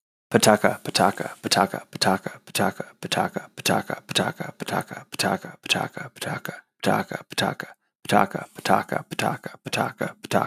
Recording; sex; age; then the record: repeated syllables /pa ta ka/; male; 30 to 39 years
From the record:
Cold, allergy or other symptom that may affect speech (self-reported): no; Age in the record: 33 years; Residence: Virginia, United States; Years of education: 18